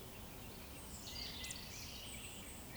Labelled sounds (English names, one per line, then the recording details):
Eurasian Woodcock whistle
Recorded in Baden-Württemberg, Germany, on 19 May 2020 at 19:19 UTC
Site 31917, 145 m above sea level